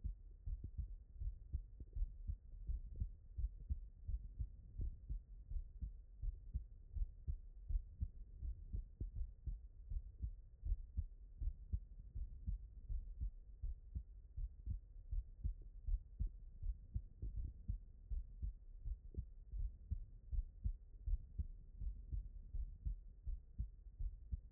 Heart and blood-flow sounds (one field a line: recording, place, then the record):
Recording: heart sounds by stethoscope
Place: pulmonary valve (PV)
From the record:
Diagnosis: non-HFrEF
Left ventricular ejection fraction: 60%